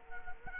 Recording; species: mosquito wingbeat signal from an infrared sensor; Culex quinquefasciatus